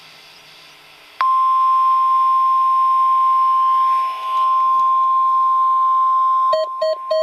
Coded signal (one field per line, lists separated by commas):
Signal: Emergency Alert System (SAME) tones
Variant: 1050 Hz attention tone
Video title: Required Weekly Test on KEC83 and KHB36 [EAS 656/657] | NOAA Weather Radio (12/19/2012)